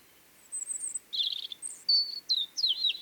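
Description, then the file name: European robin song: a short, continuous run of thin, piercing whistles and warbled notes that shift abruptly in pitch, over a faint background hiss. "Erithacus rubecula"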